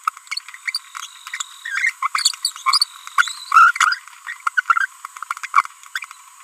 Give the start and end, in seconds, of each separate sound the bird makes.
0.66-0.70, 0.74-0.78, 1.65-1.90, 2.03-2.07, 2.45-2.50, 2.66-2.84, 3.18-3.32, 3.52-3.71, 3.76-3.99, 4.27-4.33, 4.47-4.49, 4.57-4.60, 4.68-4.86, 5.30-5.33, 5.43-5.46, 5.54-5.66